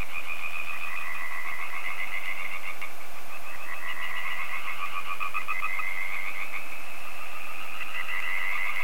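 Frog: a steady chorus of overlapping trilling calls forming an unbroken wall of sound.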